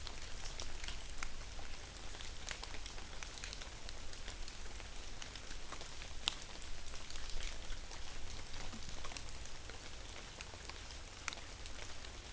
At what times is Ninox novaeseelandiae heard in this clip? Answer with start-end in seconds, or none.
none